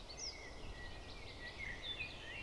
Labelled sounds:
Eurasian Blackcap
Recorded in Germany
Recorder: ecoPi

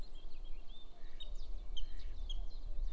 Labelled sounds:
Mallard
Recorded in Germany
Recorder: ecoPi

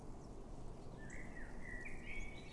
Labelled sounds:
Common Blackbird
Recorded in Germany
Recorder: ecoPi

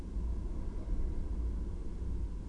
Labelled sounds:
none
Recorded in Germany
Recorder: ecoPi

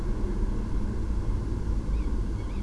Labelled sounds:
Tawny Owl
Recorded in Germany
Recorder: ecoPi

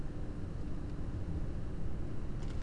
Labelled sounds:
none
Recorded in Germany
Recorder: ecoPi

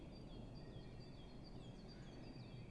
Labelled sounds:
Great Tit
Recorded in Germany
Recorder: ecoPi

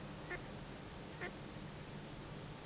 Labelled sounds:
Mallard
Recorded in Germany
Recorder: ecoPi

